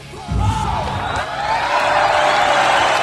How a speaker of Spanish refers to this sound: Pues sí, un aplauso bien fuerte para esta señora que se ha quedado bien ancha.